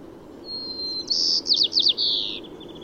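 White-crowned sparrow song: a long clear whistle, then louder buzzy notes, a quick stuttering trill and a final buzzy slurred note.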